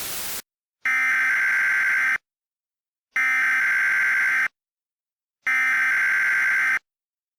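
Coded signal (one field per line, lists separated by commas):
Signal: Emergency Alert System (SAME) tones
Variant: header bursts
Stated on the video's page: Simulated mock alert with live voice.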